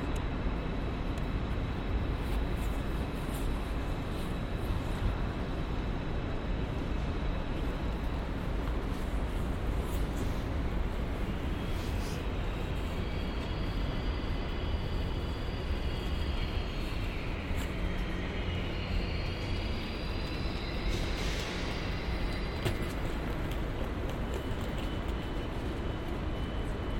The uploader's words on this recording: Cologne Central Station | Train station sounds. Recorded on Cologne Central Station.